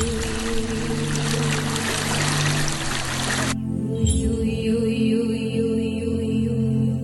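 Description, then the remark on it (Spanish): Steady, hissing rush of stream water trickling at the source of the Chubut River in Alto Chubut, Río Negro province, for a few seconds, then cutting off abruptly, leaving a low, even droning hum with faint tonal whines. “Estamos acá en Alto Chubut, esto pertenece a, bueno, en las leyes huinca o las partes, digamos, territoriales, la provincia de Río Negro, pero zona naciente del río Chubut.”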